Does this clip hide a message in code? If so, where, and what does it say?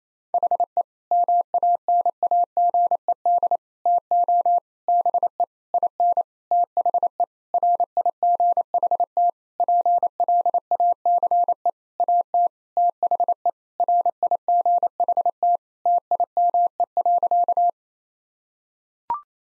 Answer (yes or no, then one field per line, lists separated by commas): yes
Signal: Morse code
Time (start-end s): 0.3-17.7 s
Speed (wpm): 28 wpm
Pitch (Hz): 700 Hz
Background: none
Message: HE MANAGED TO BE IN THE RIGHT PLACE AT THE RIGHT TIME.